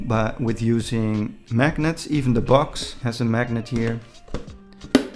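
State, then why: Seated. Someone talks, then the magnetic lid of a children's AR math toy's storage box is closed onto the box, with faint handling taps around 4.3–4.8 seconds. The magnet catches and the lid snaps shut with a sharp click at 5.0 seconds, seated firmly.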